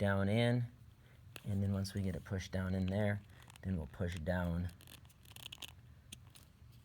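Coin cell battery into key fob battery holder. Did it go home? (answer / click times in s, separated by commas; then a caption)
yes / 6.1 s. A coin cell battery, plus side facing up, is tucked into its groove in a plastic Jeep Wagoneer key fob and pushed down past the retaining tabs while someone talks. Soft scratchy contact sounds follow the speech, and the battery clicks into place in the holder at 6.1 s, fully seated.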